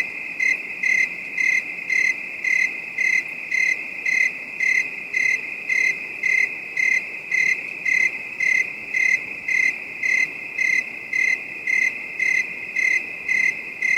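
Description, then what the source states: Crickets trilling steadily, a shrill high tone pulsing in regular bursts roughly twice a second throughout, with a faint hissing background. Night ambience; calm, distant bed of high-pitched crickets.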